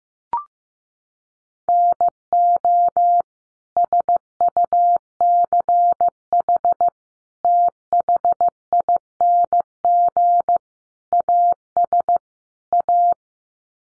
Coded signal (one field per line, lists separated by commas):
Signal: Morse code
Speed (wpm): 15 wpm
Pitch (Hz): 700 Hz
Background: none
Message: NO SUCH THING AS A